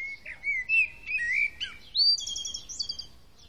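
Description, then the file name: Common blackbird song, a run of mellow warbled whistles that rises step by step into a high, squeaky twittering ending. "Turdus merula"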